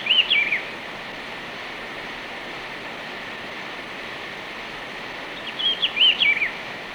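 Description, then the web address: Rufous-browed peppershrike song: a brief warbled phrase of rising and falling whistles at the start, repeated about six seconds later, over constant hissing background noise. From Ecuador. "Birds of Ecuador. Rufous-Browed Peppershrike"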